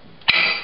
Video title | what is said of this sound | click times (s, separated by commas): CSH Fitness Center Orientation Video | and make sure you hear the click so that you know it's in nice and secure. | 0.3 s